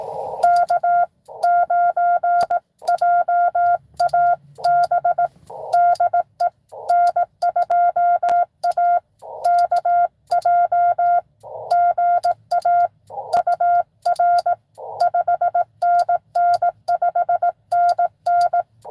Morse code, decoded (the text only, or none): K9JAB DE N2AKJ GA UR 5NN 5NN